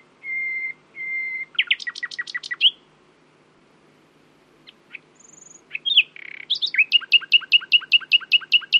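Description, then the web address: Common nightingale song: two steady whistled notes, a quick run of repeated clicks, a pause, then a long, rapidly repeated phrase of sharp notes. "owen Common Nightingale (Luscinia megarhynchos)"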